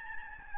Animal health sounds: mosquito wingbeat signal from an infrared sensor; Aedes albopictus

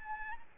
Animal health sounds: mosquito wingbeat signal from an infrared sensor; Anopheles arabiensis

